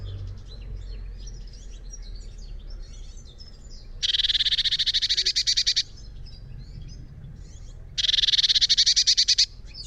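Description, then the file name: Eurasian blue tit giving two harsh, buzzy churring rattles of rapid repeated notes, separated by a pause. "Cyanistes caeruleus"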